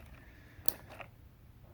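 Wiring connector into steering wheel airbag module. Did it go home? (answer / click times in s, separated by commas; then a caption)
yes / 0.7 s. A second wiring connector is pushed into its socket on the back of a VW Beetle steering wheel airbag module. A single sharp plastic click sounds at 0.7 s, followed by a fainter tick at 1.0 s over a quiet background. The connector is seated and connected.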